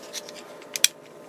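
A spring-loaded plastic glazing panel is pressed into a model railway coach body during restoration, with faint rustling before it goes in. Two sharp plastic snaps ring out at 0.8 s and 0.8 s, the second louder and brighter, as the panel seats in place. Someone talks to confirm it is in.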